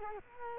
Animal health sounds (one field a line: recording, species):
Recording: mosquito wingbeat signal from an infrared sensor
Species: Culex quinquefasciatus